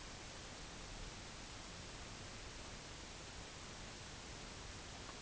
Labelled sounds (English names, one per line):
none